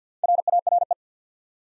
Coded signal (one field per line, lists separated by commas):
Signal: Morse code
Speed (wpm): 50 wpm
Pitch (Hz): 700 Hz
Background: none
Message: RARE